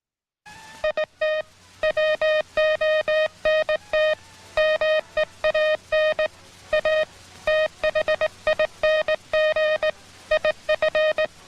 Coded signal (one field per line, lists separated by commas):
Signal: Morse code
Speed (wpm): 18 wpm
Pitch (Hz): 620 Hz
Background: music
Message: IT WONT MEAN A THING IF